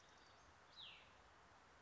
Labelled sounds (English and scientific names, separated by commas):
Cassin's Vireo (Vireo cassinii)